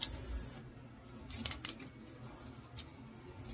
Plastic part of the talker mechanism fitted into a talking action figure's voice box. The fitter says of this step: seems to be locked into place there let's